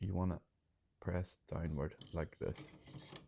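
A black ink cartridge is pressed downward into the carriage of a Canon Pixma TS7650i inkjet printer while someone talks. There are only brief, faint handling sounds between the speech. Nothing has seated or clicked yet.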